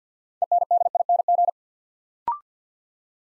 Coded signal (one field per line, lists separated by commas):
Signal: Morse code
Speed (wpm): 50 wpm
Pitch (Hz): 700 Hz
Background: none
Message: ENDING